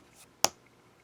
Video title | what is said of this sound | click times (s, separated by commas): Christmas in the Country Mini Album for Button Farm Club with Prima Marketing | did you hear that click? Okay, | 0.4 s